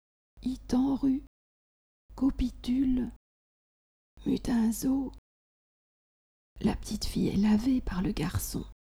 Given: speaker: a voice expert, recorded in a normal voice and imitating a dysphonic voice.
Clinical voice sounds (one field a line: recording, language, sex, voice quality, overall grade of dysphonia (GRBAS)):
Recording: pseudo-words and a read sentence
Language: French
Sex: female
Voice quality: dysphonic voice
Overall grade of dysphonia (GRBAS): grade 2 to 3 of 3 (moderate to severe)